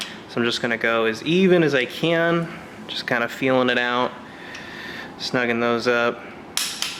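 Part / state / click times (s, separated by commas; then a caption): click-type torque wrench on engine bolts / torque reached / 6.6 s, 6.8 s. Someone talks while bolts are tightened evenly to 18 ft-lb with a click-type torque wrench during assembly of a 5.3L LS LM7 V8 engine. Two sharp clicks from the wrench are heard at 6.6 s and 6.8 s, confirming it has reached its setting.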